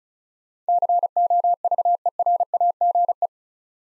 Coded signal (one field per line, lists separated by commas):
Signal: Morse code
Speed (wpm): 34 wpm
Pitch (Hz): 700 Hz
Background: none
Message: COVERAGE